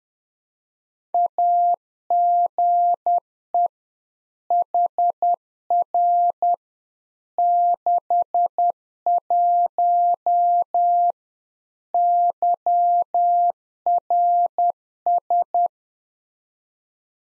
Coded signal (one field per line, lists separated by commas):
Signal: Morse code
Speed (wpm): 10 wpm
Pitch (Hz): 700 Hz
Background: none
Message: AGE HR 61 YRS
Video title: Practice QSO - Exchange 3- More Info - 10wpm